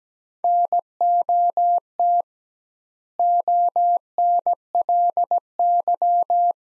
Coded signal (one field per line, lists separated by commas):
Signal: Morse code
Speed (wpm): 17 wpm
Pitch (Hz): 700 Hz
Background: none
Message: NOT ONLY